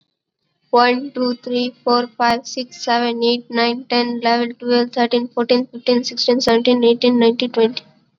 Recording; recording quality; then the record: counting at a fast pace; moderate, slight background noise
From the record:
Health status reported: COVID-19 positive, mild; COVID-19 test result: positive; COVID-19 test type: rapid antigen test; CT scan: not taken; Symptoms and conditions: cough, sore throat, fever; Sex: female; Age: 18 years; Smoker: no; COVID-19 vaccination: none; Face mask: worn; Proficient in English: yes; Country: India